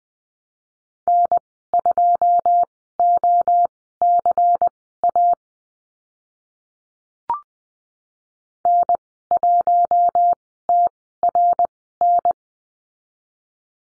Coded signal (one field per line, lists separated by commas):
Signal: Morse code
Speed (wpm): 20 wpm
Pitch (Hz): 700 Hz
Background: none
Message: N2OCA N1TRN